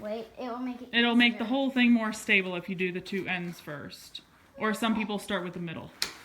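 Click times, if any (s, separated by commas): none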